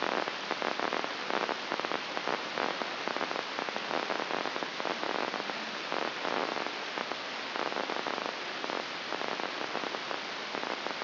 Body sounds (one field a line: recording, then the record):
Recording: brain microelectrode recording played as sound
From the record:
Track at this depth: inside the subthalamic nucleus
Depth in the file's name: 3.426 mm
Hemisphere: left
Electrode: 2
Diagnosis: Parkinson's disease